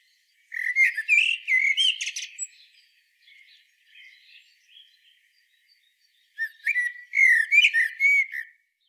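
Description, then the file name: Common blackbird delivering a mellow whistled phrase with a twittery finish, some soft quiet notes, then a second fluted phrase. "Turdus merula"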